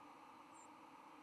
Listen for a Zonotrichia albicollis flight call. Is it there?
no